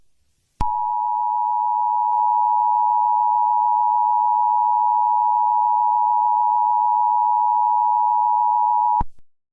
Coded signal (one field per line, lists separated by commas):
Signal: Emergency Alert System (SAME) tones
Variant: 853 and 960 Hz attention tone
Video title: April Showers Bring May Flowers: An EAS Scenario (SPRING FLING SPECIAL)